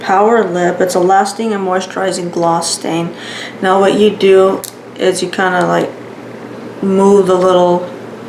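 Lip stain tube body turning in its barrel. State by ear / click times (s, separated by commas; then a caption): not seated / none. Someone talks while handling a Milani Power Lip lasting, moisturizing lip stain tube, starting to move the plastic body of the click-style tube in its barrel to push product toward the brush tip. The clip ends before the body is turned home, and nothing has clicked or seated yet.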